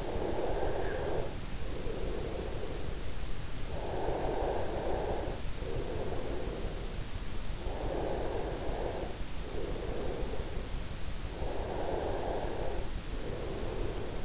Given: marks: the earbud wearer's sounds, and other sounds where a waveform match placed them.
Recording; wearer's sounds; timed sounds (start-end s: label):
sounds in sleep by an in-ear microphone; snoring breath, breath
0.25-3.25 s: snoring breath
3.25-11.07 s: breath
11.25-14.25 s: breath